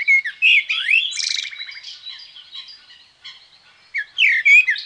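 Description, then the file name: Common blackbird with slurred whistles and a harsh buzzy rattle, then a quiet pause before renewed loud fluty notes near the end. "Merel"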